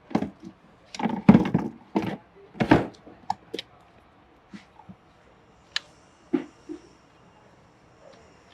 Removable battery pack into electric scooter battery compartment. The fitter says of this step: Lock हो गया and here we are ready to go।